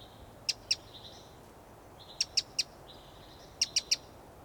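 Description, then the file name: Eurasian wren calling with sharp clicking ticks in three short clusters of two or three, with faint thin tones between them. "Troglodytes troglodytes"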